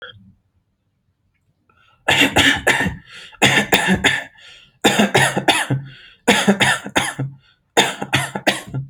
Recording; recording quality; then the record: shallow voluntary cough; excellent, no background noise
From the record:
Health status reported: healthy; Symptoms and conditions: none ticked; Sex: male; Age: 33 years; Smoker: not ticked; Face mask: not worn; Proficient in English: yes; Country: India